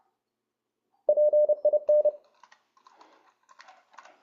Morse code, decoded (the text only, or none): PIN